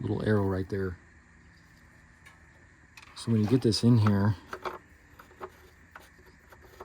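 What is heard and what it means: A plastic fill cap is placed into the transmission fill port of a Ford Edge/Lincoln MKX and lined up before it is pushed down and turned to lock. Someone talks while only rubbing and light handling sounds are heard. Nothing has seated or clicked yet.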